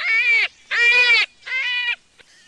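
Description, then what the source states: Jackrabbit calling: three strained, harmonic squeals, each about half a second long, spaced by brief pauses, with a faint click at the end. Juvenile.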